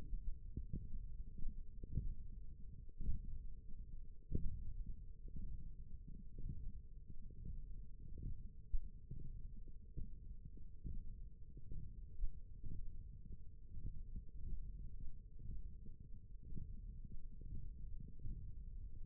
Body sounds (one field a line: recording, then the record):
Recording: forearm muscle sounds (acoustic myography)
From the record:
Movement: thumb flexion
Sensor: system 1, eight BSWA MPA416 microphones around the upper forearm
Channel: 4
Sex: male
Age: 21 years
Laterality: right